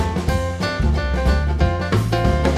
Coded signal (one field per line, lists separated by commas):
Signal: none